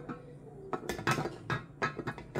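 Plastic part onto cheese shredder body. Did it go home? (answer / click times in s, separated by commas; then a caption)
no / none. A plastic part is handled and slid onto the body of a rotary cheese shredder, producing a series of sharp plastic knocks and clatters, starting with sudden hits at about 0.7 s and 0.9 s and followed by more bursts near 1.1, 1.5, 1.8, 2.1 and 2.4 s. Nothing has seated or clicked yet.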